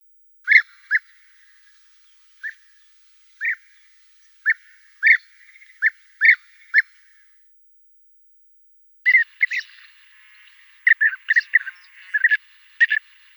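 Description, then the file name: European bee-eater calling: single rolling trilled notes at irregular intervals, a pause, then a busy stretch of calls. "SHHurka zolotistaja"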